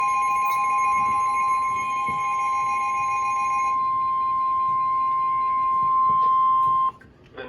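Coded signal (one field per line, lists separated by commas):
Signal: Emergency Alert System (SAME) tones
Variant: 1050 Hz attention tone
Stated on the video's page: Severe Thunderstorm Warning tones from NOAA weather radio transmitter KIG86, Columbus, Ohio.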